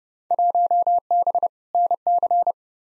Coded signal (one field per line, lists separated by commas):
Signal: Morse code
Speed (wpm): 30 wpm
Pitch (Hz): 700 Hz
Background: none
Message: 1B NC